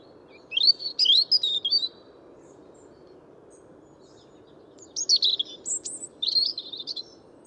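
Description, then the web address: European robin song: a short jumble of liquid warbled notes, a silent pause of about three seconds, then another varied phrase with high whistled notes. "Deverinetal 2025 File origin Bird Only Er Ru"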